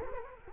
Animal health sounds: mosquito wingbeat signal from an infrared sensor; Culex quinquefasciatus

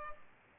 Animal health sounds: mosquito wingbeat signal from an infrared sensor; Culex pipiens

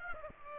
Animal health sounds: mosquito wingbeat signal from an infrared sensor; Aedes aegypti

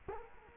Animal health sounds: mosquito wingbeat signal from an infrared sensor; Culex quinquefasciatus

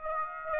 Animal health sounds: mosquito wingbeat signal from an infrared sensor; Aedes aegypti

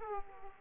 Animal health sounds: mosquito wingbeat signal from an infrared sensor; Aedes aegypti

